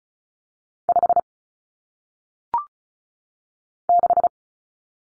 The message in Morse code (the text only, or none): 5 6